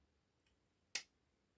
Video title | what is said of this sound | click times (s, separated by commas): NSU Quickley 26N 1959 project part 9. #motorcycle #restoration #barn find #NSU. #Repair | and it clicked in just lovely so yeah | 1.0 s